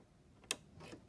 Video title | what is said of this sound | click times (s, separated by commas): Can a 9-Year-Old Install a CPU Without Breaking It? | just like that okay did you hear it seat yeah | 0.5 s